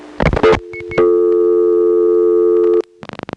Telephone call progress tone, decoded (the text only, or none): dial tone